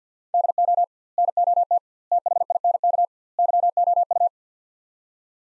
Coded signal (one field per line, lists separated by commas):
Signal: Morse code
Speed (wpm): 50 wpm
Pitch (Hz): 700 Hz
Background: none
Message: DO NOT THINK YOU